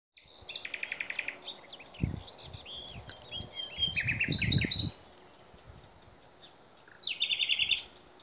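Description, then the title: Songbirds singing: rapid repeated trilled phrases, a jumble of high chirps in the middle, then another buzzy trill, against steady background hiss and low thumps. Songbirds singing in Demerje forest, 28 April 2020. "Snimke ptičjeg pjevanja u demerskoj šumi, 28.4.2020."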